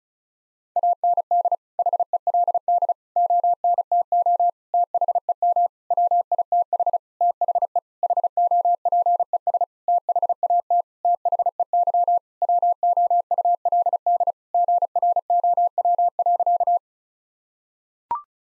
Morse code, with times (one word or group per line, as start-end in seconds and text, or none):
0.8-1.6 AND
1.8-2.9 HELD
3.2-4.5 ONTO
4.7-5.7 THEM
5.9-7.0 WITH
7.2-7.8 THE
8.0-9.6 HOPES
9.9-10.8 THAT
11.0-12.2 THEY
12.4-14.3 WOULD
14.5-16.8 GROW.